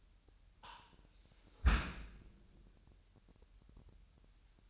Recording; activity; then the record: daily activity, microphone in the room; close dishwasher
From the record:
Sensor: 2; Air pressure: 998.2 hPa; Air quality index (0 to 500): 146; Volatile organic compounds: 4 ppm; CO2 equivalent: 1650 ppm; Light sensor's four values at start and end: 11/32/13/12 and 11/32/13/12